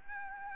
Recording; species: mosquito wingbeat signal from an infrared sensor; Aedes albopictus